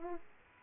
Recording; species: mosquito wingbeat signal from an infrared sensor; Aedes aegypti